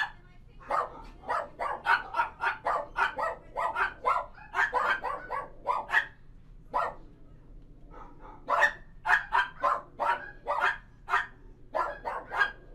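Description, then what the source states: Dog barks in fast, crowded bursts, a brief quiet gap near the middle before another run of yapping barks; low steady hum throughout. Dogs at a dog boarding house.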